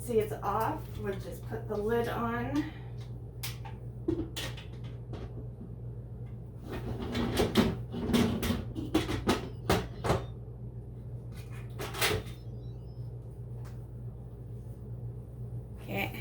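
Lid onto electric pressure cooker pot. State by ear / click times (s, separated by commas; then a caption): not seated / none. A lid is handled onto an electric pressure cooker pot while someone talks, with a few sharp knocks and handling sounds over a steady low hum. The lid is set in place, but nothing has seated or clicked yet.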